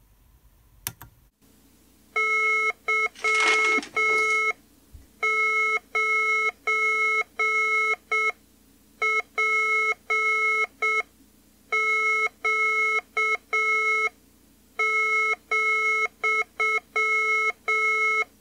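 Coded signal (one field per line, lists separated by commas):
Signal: Morse code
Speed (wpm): 7 wpm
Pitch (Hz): 2150 Hz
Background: none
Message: Y9PQ,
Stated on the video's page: Morse code practice generated by a CODE TEST program on a 6502 single-board computer.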